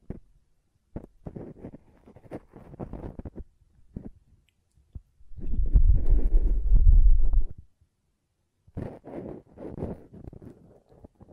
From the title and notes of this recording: ASMR Ear Cleaning and Blowing (No Talking).